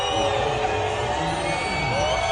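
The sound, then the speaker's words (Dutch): A crowd of families, adults and children, boos together in a loud, steady wash of voices at a Disney theme park after an announcement there, with drawn-out jeering tones rising above the general clamor for the whole stretch. “Families hoor je na de aankondiging in het park boer roepen.”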